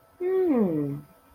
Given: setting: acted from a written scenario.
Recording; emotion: vocal sound without words; realization